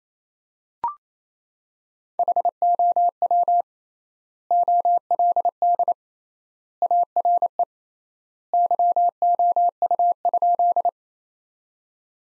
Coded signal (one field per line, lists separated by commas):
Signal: Morse code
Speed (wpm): 28 wpm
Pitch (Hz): 700 Hz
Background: none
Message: HOW OLD ARE YOU?